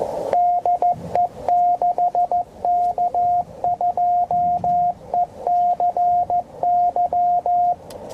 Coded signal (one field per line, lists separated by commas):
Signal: Morse code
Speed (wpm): 19 wpm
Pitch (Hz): 690 Hz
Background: radio noise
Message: DE 6K2ECY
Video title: QRP ,bicycle (물금~부산 250km), 국토종주.